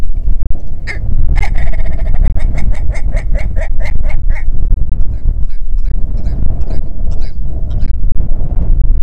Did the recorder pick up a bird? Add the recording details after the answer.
yes. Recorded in the Prudhoe Bay oil fields, Alaska, on 6 June 2019 at 03:48. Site 16